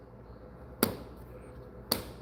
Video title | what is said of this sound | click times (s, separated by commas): 🔴Building a 3D Miniature kit of a: Western Saloon - Part 1 | That's the sound you want to hear. The click or the squish. | 1.9 s